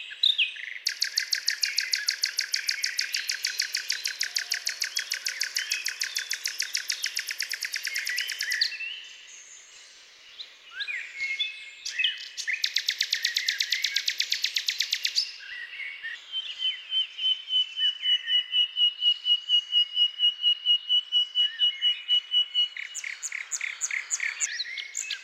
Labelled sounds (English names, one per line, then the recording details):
Common Nightingale song
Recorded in the wild
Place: Waltershofen / Freiburg im Breisgau, Baden-Württemberg, DE
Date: 1996-05-01
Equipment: Dat-Recorder Casio DA 7, Telinga DAT, Telinga-Parabolspiegel
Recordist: Schwarz, Dieter